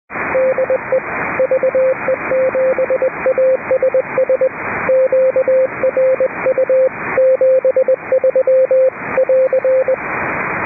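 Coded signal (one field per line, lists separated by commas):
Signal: Morse code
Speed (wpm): 20 wpm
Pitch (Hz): 520 Hz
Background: radio noise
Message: DE VE7ASS QRU 73 <AR>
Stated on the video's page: Net on 3.729 MHz, net control operating fully remote from aboard a boat.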